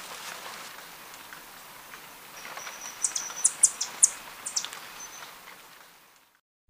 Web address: Natures Songs S America Birds of Ecuador Rufous-throated Tanager